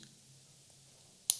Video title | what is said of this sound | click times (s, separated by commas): IWC Schaffhausen BIG PILOT's WATCH. New 43 mm vs. "old" 46,2 mm. | click it here | 1.3 s